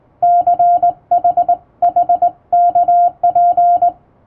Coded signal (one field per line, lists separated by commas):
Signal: Morse code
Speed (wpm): 21 wpm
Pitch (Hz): 700 Hz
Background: radio noise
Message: CHHKP